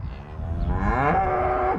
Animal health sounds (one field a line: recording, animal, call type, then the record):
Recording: contact call of a hoofed animal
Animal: cattle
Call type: low-frequency (closed-mouth) or high-frequency (open-mouth) call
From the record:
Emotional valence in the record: negative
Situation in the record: full separation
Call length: 1.79 s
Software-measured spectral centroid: 950 Hz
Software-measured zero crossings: 1000 a second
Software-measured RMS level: -23 dBFS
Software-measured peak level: -7 dBFS